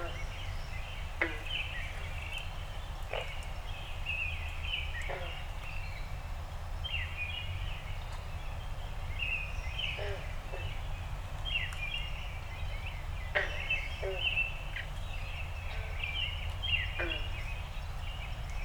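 Backyard dawn chorus: busy, overlapping bird chirps and short calls throughout, with sharp clicks every few seconds over a steady low rumble.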